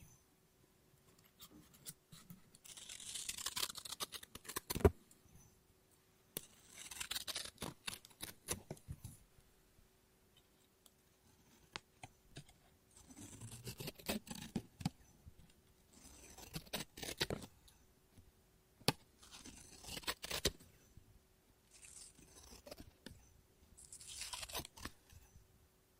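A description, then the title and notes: Scissors snip and cut through paper in bursts of crisp, bright cutting strokes separated by short quiet pauses. Each burst holds a run of quick snips with a hissy rustle of paper, recurring about every three to four seconds, with sharper clicks of the blades closing. ASMR Scissors No Talking Snips and Cutting Paper.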